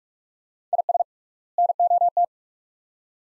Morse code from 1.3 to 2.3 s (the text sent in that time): NOT